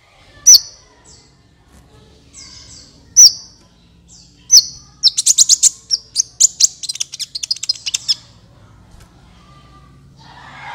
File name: suara kolibri ninja